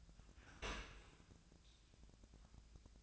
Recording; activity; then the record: daily activity, microphone in the room; open dishwasher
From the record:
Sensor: 2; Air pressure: 1000.3 hPa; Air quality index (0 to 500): 165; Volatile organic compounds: 3 ppm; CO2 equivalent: 1373 ppm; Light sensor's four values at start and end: 12/33/13/15 and 12/33/13/15